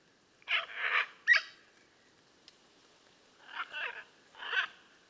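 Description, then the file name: Blue-and-yellow macaw giving rough, raspy squawks in two short groups separated by a pause. "Blue and yellow Macaw Ara ararauna"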